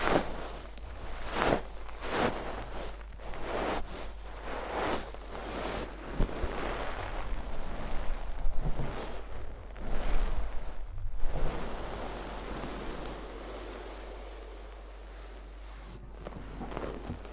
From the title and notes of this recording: ASMR INTENSE Deep Ear Cleaning (No Talking).